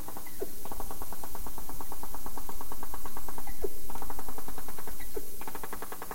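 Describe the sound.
Dolphin burst-pulse calls, rapid buzzing click trains with strong harmonics, in three long bursts separated by short gaps, over steady low underwater hiss.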